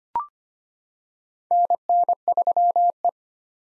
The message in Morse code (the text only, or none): NN3E